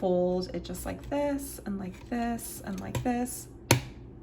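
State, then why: Seated. Someone talks while folding the waist-level viewfinder hood on a Hasselblad medium-format camera back down, panel by panel. The hood snaps shut with a sharp click at 3.7 s, seating in place.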